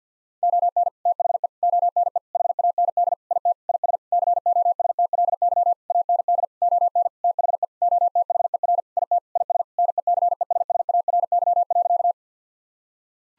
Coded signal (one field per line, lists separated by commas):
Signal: Morse code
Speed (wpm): 50 wpm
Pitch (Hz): 700 Hz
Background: none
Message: ON THE ONE HAND IT IS COSTLY AND ON THE OTHER IT IS NECESSARY.